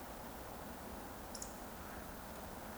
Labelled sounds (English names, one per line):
Eurasian Woodcock whistle